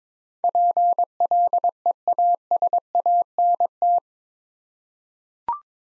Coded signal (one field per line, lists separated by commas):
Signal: Morse code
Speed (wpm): 22 wpm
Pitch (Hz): 700 Hz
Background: none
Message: PLEASANT